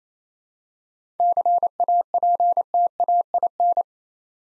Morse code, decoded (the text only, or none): CAPTAIN